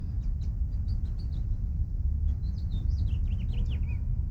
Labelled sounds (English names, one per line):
House Finch song